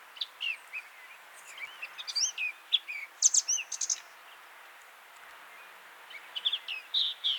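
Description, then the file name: Eurasian blackcap giving quick, varied warbling notes in two bursts, sweeping chirps and twitters separated by a quieter gap, over a steady background hiss. "Sylvia atricapilla"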